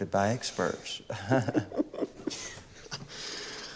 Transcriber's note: soundbite of laughter